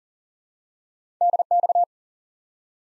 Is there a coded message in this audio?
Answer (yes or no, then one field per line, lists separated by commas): yes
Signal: Morse code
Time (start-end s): 1.2-1.8 s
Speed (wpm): 40 wpm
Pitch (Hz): 700 Hz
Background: none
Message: DX